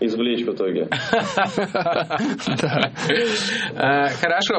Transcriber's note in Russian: смех